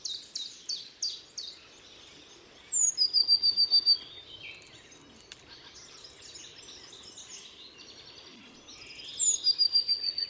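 Bird song: a sharp high note leads into a rapid ringing trill near three seconds and again near nine, with other chirping around.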